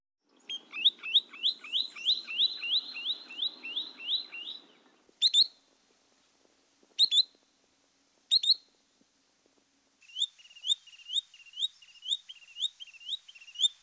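Least Sandpiper calls: a rapid run of high, sharp rising notes, then single shrill notes spaced one to two seconds apart, then another quick series of high chirps.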